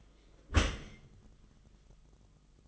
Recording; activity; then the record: daily activity, microphone in the room; close dishwasher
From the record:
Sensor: 4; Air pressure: 1005.5 hPa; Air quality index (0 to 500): 113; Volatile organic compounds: 3 ppm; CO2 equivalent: 1412 ppm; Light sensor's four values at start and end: 11/25/10/10 and 11/26/10/10